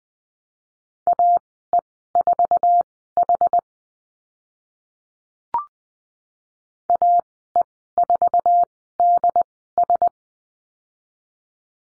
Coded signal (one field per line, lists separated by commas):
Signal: Morse code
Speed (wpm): 20 wpm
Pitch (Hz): 700 Hz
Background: none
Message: AE4H AE4DS